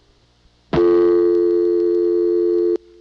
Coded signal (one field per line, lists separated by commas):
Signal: telephone call progress tone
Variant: North America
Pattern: dial tone